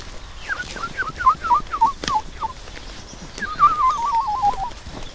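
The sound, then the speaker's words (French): A person whistles an imitation of woodlark song: a run of about nine short, sliding mid-pitched notes, then a quick wavering trill that drifts downward, with faint background noise. “Là, ce qu'on entend au-dessus, c'est une alouette Lulu, c'est une petite alouette très mignonne, mais je sais pas si elle chante en vol, elle est au-dessus de nous, mais comme elle est loin, on la voit pas.”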